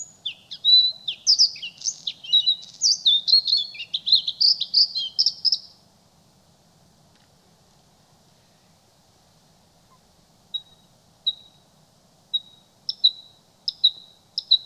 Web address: soorten geluid Blauwborst